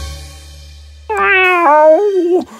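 A single long, drawn-out cat meow, loud and clear, its pitch rising and then wavering in small steps before it cuts off. A low hum sits faintly underneath at the start.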